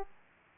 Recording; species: mosquito wingbeat signal from an infrared sensor; Aedes aegypti